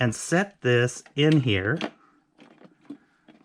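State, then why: Not seated. Someone talks while a stock CPU cooler is set on the motherboard and lined up with the four mounting holes before its push pins are pressed in. Faint, brief handling sounds follow at about 2.4, 2.7 and 3.3 seconds. Nothing has snapped into place yet.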